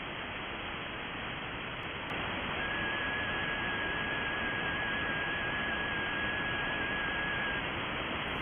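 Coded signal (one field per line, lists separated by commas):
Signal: FT4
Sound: steady hiss with a faint near-constant tone lasting about five seconds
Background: radio static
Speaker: I'm going to turn it off for a couple of cycles to show you what happens.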